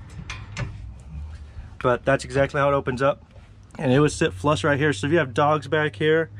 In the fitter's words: and to do that you just pull this and you can hear it click it has a zip tie on it right now so it's not going to open up on us